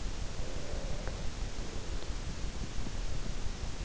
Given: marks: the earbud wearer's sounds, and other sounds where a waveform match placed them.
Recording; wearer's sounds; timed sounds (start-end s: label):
sounds in sleep by an in-ear microphone; breath
0.54-3.34 s: breath